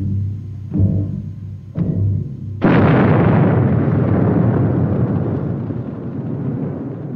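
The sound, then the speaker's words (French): Film battle-scene explosions: two short, muffled booms are followed by a huge explosion that erupts into a long, roaring rumble of debris. The roar holds loud for several seconds before slowly fading, with no voices. “Et ça donne l'occasion de très belles images de cinéma, des images d'explosion très colorées.”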